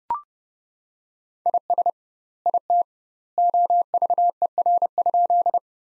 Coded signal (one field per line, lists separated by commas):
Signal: Morse code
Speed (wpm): 32 wpm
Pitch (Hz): 700 Hz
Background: none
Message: IS IT OVER?